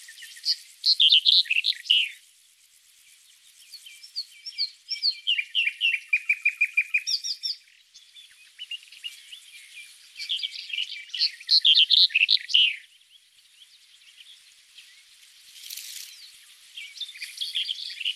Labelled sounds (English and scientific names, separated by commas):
Red-headed Bunting (Emberiza bruniceps) song